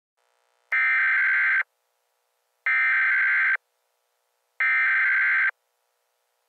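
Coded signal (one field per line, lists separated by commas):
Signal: Emergency Alert System (SAME) tones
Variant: header bursts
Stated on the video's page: Fictional zombie EAS troll, not a genuine alert.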